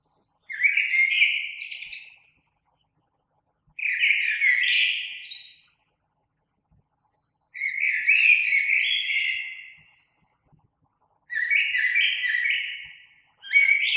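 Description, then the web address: Common blackbird song: four separate fluted warbling phrases spaced every few seconds with silence between, and a fifth beginning at the end. Recorded on 3 March 2020. "oiseaux Merle 2020 03 03"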